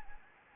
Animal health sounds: mosquito wingbeat signal from an infrared sensor; Anopheles gambiae

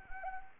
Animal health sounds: mosquito wingbeat signal from an infrared sensor; Anopheles arabiensis

